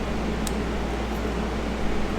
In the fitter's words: easier to click and